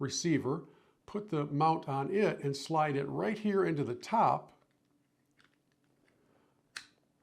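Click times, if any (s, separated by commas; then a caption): 6.8 s. A mount on a DJI mic wireless receiver is slid into the top of a small cube accessory on a DJI Osmo extension rod and dialed until it locks into place. Someone talks for about the first 4.5 seconds, then faint small clicks follow at around 5.4 and 6.1 seconds. A sharp, louder click at 6.8 seconds marks the mount seating and locking.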